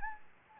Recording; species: mosquito wingbeat signal from an infrared sensor; Anopheles gambiae